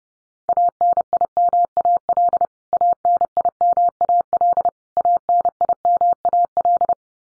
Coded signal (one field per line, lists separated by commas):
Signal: Morse code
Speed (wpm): 30 wpm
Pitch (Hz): 700 Hz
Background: none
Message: ANIMAL ANIMAL ANIMAL